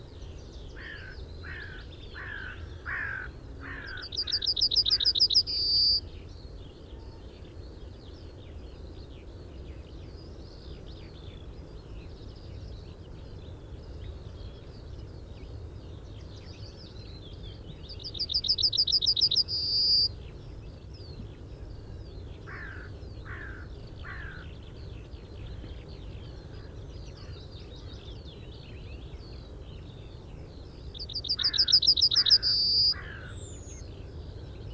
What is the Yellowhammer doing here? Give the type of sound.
song